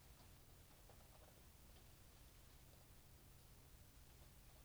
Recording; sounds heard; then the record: poultry house recording; no chicken sound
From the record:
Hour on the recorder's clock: 0